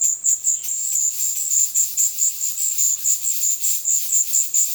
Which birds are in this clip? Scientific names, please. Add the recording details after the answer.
none. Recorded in dense forest near Puerto Asís, Putumayo, Colombia, on 18 February 2024 at 17:00. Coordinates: 0.505, -76.324. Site G6467